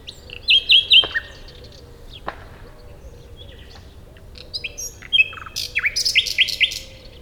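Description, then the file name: Common nightingale singing: a short run of repeated rich notes at the start, a pause with scattered clicks, then a busy phrase of chirps, whistles and quick repeated notes. "Luscinia megarhynchos"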